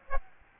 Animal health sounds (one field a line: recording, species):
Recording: mosquito wingbeat signal from an infrared sensor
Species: Aedes aegypti